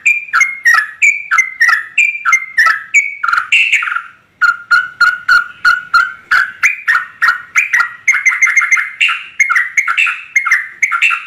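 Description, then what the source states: Yellow-vented Bulbul delivering a long, rapid chattering song, a brief pause midway, then quick repeated notes speeding into a denser bubbling run. Trucukan singing vigorously (gacor) in rapid continuous delivery (ropel), its song filled with material taken from other birds (isian).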